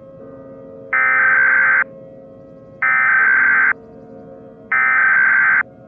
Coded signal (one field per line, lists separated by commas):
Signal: Emergency Alert System (SAME) tones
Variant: header bursts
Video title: EAS Scenario - Grey